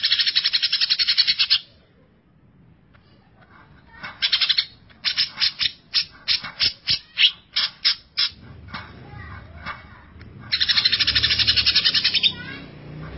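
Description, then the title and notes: Greater green leafbird song: a dense buzzy chattering burst, a run of sharp repeated notes in the middle, then another rapid harsh trilling stretch at the end. Champion songbird. "Kicau Burung Cucak Ijo Juara. Suara kicauan burung cucak ijo"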